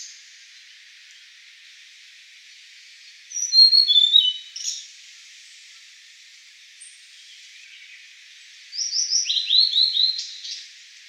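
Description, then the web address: Blue-and-white flycatcher, two whistled song phrases of descending and sliding notes separated by several seconds, over a steady background hiss. Recorded 14 April 2015. "birdenaga ooruri"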